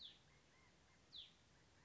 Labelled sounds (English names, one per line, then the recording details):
Hutton's Vireo
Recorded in Sonoma County, California